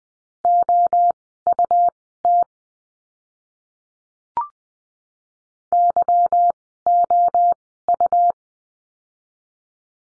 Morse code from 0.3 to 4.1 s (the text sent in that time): OUT